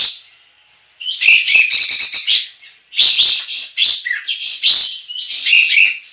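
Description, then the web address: Sooty-headed bulbul singing lively, scratchy warbled phrases in two long bursts separated by a short gap, after a brief note at the start. Indonesian local name kapas tembak; described as gacor, singing actively and persistently. "kapas-tembak suara-kapas-tembak-gacor"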